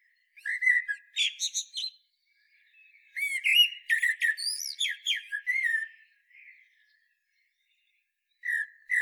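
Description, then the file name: Common blackbird song: a short warbled phrase, then a longer one of varied whistles and squeaky twitters, and a third beginning at the end. "Turdus merula"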